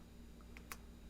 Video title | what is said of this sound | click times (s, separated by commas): Magma Monster Build | always nice when a lego clicks on real good | 0.6 s, 0.7 s